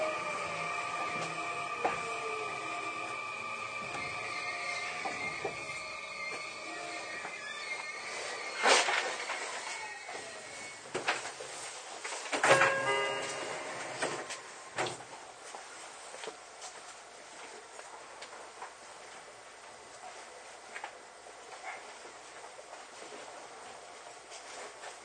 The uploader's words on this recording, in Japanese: 相鉄20000系 横浜ー湘南台。快速に乗車し、録音。